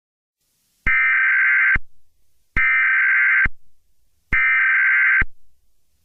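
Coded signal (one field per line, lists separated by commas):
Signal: Emergency Alert System (SAME) tones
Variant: header bursts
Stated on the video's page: Fictional EAS scenario.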